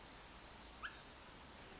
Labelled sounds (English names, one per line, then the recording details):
Pacific Wren
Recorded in Sonoma County, California